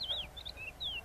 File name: Crested lark alok